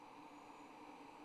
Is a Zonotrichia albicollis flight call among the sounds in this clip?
no